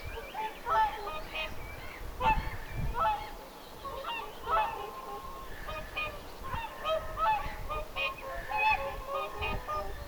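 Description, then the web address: Whooper swans trumpeting in a loose, irregular series of nasal honks, several birds overlapping. Whooper swans calling in summer on 1 June 2025; apparently young birds on the shore. "paivat 1 6 2025 laulujoutsenten aantelya kesalla ilmeisten nuorten rannalla"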